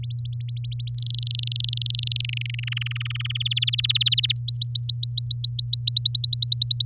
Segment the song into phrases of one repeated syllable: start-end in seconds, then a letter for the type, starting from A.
0.03-0.91 A, 0.98-2.21 B, 2.24-2.64 C, 2.67-3.37 D, 3.40-4.32 E, 4.36-5.83 F, 5.87-6.85 G